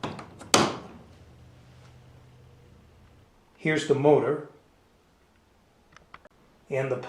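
A loose battery is pressed into the holder of a scale model controller to complete the setup, and it seats with a loud, sharp snap at 0.5 s. A low hum follows, then someone talks, and a few faint ticks are heard near the end.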